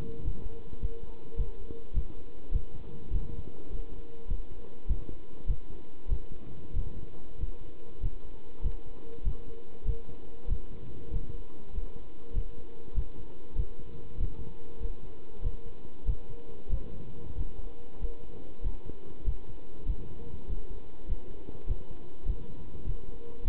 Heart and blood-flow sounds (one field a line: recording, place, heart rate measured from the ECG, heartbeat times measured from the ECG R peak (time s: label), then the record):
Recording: heart sounds by stethoscope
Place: between the tricuspid and mitral areas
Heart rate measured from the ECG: 98 bpm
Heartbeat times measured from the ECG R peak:
0.24 s: heartbeat
0.81 s: heartbeat
1.38 s: heartbeat
1.95 s: heartbeat
2.53 s: heartbeat
3.11 s: heartbeat
3.70 s: heartbeat
4.29 s: heartbeat
4.88 s: heartbeat
5.48 s: heartbeat
6.09 s: heartbeat
6.74 s: heartbeat
7.39 s: heartbeat
8.02 s: heartbeat
8.63 s: heartbeat
9.25 s: heartbeat
9.86 s: heartbeat
10.49 s: heartbeat
11.11 s: heartbeat
11.73 s: heartbeat
12.34 s: heartbeat
12.95 s: heartbeat
13.56 s: heartbeat
14.18 s: heartbeat
14.80 s: heartbeat
15.43 s: heartbeat
16.06 s: heartbeat
16.70 s: heartbeat
17.36 s: heartbeat
18.00 s: heartbeat
18.63 s: heartbeat
19.25 s: heartbeat
19.87 s: heartbeat
20.47 s: heartbeat
21.07 s: heartbeat
21.68 s: heartbeat
22.26 s: heartbeat
22.85 s: heartbeat
23.43 s: heartbeat
From the record:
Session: pedaling a stationary bicycle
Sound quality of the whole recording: good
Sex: male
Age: 27 years